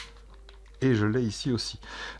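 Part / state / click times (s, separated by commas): plastic lens/vent cover tab into FPV goggle housing / seated / 0.5 s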